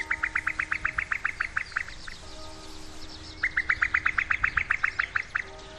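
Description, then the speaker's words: Common cuckoo female bubbling call: two long bursts of many quick liquid notes, separated by a pause. Female's bubbling cry, not the male's cuckoo; a sign that a female cuckoo, a cheat, is at large on the fen; Fenland. "The female has this extraordinary bubbling cry, which still sends shivers down my spine, because of course it's a sign that there's a cheat at large on the fen."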